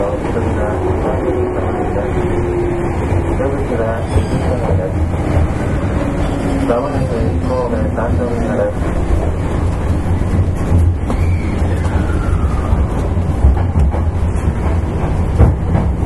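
A Sanyo Electric Railway 5000 series train runs with a steady low rumble, faint voices, and a whining motor tone rising and falling.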